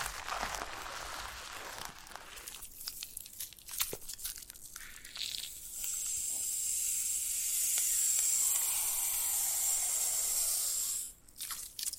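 Foam being rubbed and squeezed gives soft crackling and crinkling, with a steady airy hiss from six to eleven seconds, then brief scrunches.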